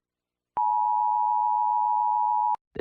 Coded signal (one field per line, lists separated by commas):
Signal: Emergency Alert System (SAME) tones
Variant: 853 and 960 Hz attention tone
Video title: Rating EAS alarms